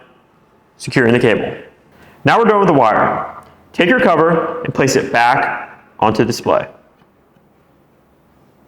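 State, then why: Not seated. Someone talks through installing a plastic trim cover back onto the infotainment display housing of a 2014–2020 Jeep Cherokee/Grand Cherokee during an Apple CarPlay and Android Auto install, after securing the cable. Only speech is heard in several bursts, with no sharp impacts. The cover is being handled toward its clips, but nothing has seated or clicked yet.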